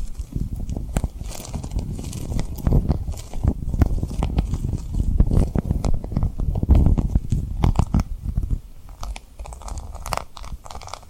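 Tapping and rubbing on a rhinestone-covered surface, a dense run of quick, irregular clicks and scratchy strokes over a low, muffled rumble. The crisp ticks come many per second, thinning and softening slightly toward the end.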